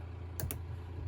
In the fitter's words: if you do want the window open fully just open the window to hear it click now